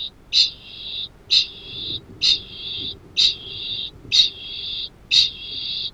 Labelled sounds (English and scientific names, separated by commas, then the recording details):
Kākāpō (Strigops habroptilus) ching call
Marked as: faintness 1/5
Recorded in New Zealand
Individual Arab